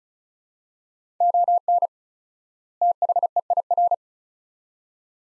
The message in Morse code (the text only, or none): ON THEIR